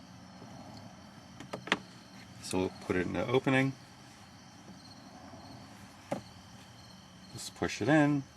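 On a Honda Civic, a plastic cabin air filter holder with a new filter inside is being slid back into its opening in the HVAC filter housing behind the glove compartment. Someone talks while brief plastic taps and knocks of handling sound around 1.4–1.7 s and again at 6.1 s. The holder has not yet seated or clicked into place by the end of the clip.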